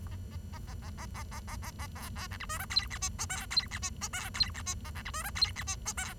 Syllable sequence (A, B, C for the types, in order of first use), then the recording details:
A A A A A A A A A A A B B C D E F G H I J K G H I J K G H I A C D E F G H I J K. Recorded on 23 June 2012 at 09:28. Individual gr41rd51